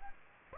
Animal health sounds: mosquito wingbeat signal from an infrared sensor; Aedes aegypti

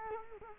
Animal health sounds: mosquito wingbeat signal from an infrared sensor; Culex quinquefasciatus

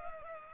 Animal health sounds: mosquito wingbeat signal from an infrared sensor; Culex pipiens

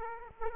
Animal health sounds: mosquito wingbeat signal from an infrared sensor; Aedes aegypti

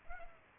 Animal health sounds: mosquito wingbeat signal from an infrared sensor; Culex pipiens

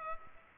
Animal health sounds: mosquito wingbeat signal from an infrared sensor; Culex pipiens

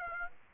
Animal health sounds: mosquito wingbeat signal from an infrared sensor; Aedes aegypti

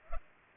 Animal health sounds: mosquito wingbeat signal from an infrared sensor; Culex pipiens

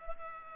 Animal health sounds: mosquito wingbeat signal from an infrared sensor; Culex pipiens

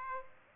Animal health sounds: mosquito wingbeat signal from an infrared sensor; Aedes aegypti

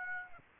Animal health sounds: mosquito wingbeat signal from an infrared sensor; Aedes aegypti

